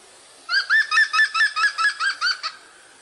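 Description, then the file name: European green woodpecker call, a rapid laughing series of about ten clear ringing notes, steady in pitch and evenly paced, then quiet. "groennspett"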